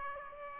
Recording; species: mosquito wingbeat signal from an infrared sensor; Aedes aegypti